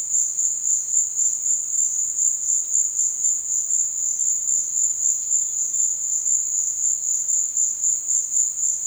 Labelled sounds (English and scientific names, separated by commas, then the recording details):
none
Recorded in dense forest near Puerto Asís, Putumayo, Colombia, on 23 June 2025 at 16:00
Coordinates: 0.468, -76.322
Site GP03